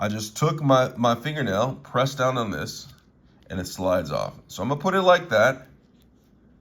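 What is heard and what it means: Someone talks while handling an Apple Watch band, releasing the lug by pressing with a fingernail so the band slides off the smartwatch band slot, then lining it up to slide it back in. The speech is followed by a quiet tail. Nothing has seated or clicked yet; the band is not locked into the slot by the end.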